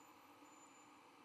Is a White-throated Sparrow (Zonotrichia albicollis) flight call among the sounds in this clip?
no